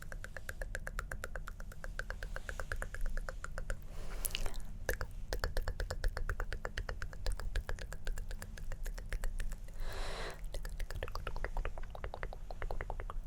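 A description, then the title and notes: Dense mouth sounds and quick hand movements crackle without pause, a rapid run of sharp little clicks and wet pops. A bright rustling burst stands out just after four seconds and again near ten. A low, steady hum sits underneath. ASMR Tingly Hand Movements & Mouth Sounds (Plucking, Pinching, Pulling).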